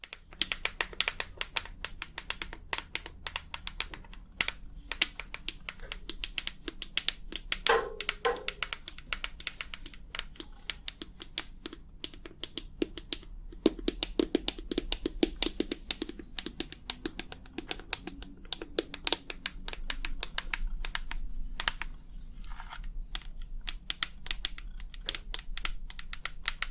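Tapping runs through the whole stretch as dense, irregular clicks, like fingers on a keyboard, sometimes in quick bursts and sometimes spaced out. A low steady hum sits underneath, and around eight and fourteen seconds a faint murmur rises briefly behind the clicks.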